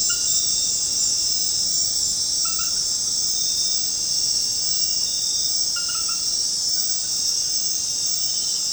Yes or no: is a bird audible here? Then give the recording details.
no. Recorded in secondary vegetation near Puerto Asís, Putumayo, Colombia, on 19 March 2025 at 21:00. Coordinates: 0.484, -76.319. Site G010